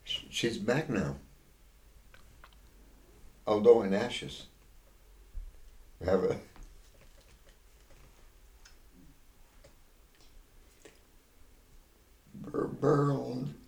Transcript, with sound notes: she's back now, although in ashes. ( they pause ) Her burial